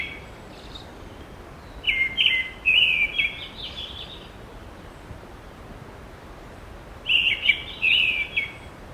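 Bird delivering short runs of twittering, warbling notes, first near two to four seconds and again near seven seconds, with a constant rushing background noise.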